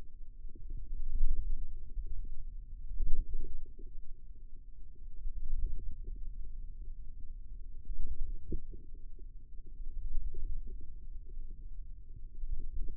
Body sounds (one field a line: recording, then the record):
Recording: forearm muscle sounds (acoustic myography)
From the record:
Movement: wrist extension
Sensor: system 2, bracelet of six BSWA MPA416 microphones around the upper forearm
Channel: 3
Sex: female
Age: 22 years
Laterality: right